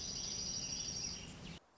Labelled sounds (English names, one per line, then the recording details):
Dark-eyed Junco
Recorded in Sonoma County, California